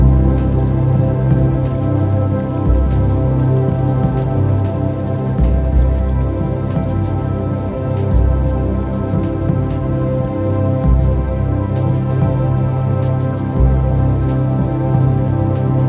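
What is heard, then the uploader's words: Soft trickling water and light drips run beneath layered, ringing bell tones that hang and overlap without a break. Deep low notes swell in steadily about every three seconds, and the overall level stays even throughout. Relaxing Water with Spa Sounds + Reiki & Tibetan Bells.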